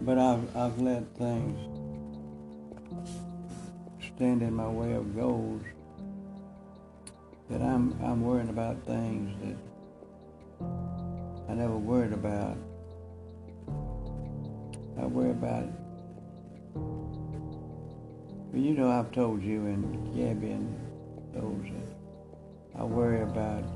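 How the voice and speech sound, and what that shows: An older man who has been diagnosed with Parkinson's disease speaks slowly in short phrases broken by long pauses of two to three seconds, with a low, creaky voice and a repeated word: the halting, effortful speech of Parkinson's disease. Soft steady music plays underneath.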